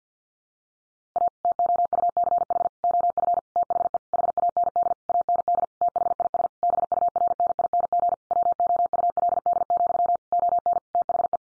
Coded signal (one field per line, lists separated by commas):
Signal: Morse code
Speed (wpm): 50 wpm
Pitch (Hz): 700 Hz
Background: none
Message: A TOUCH OF THE HAND AND THIS BURNING WOULD, ON THE